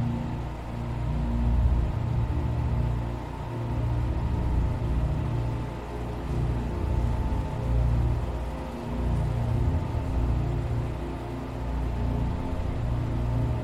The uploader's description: Hyperspace sleep chamber, where the sound of a clock and synthetic white noise reminiscent of crickets are always present